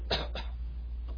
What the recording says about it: He's sitting there coughing with congestive heart failure. You hear the fluid in his lungs.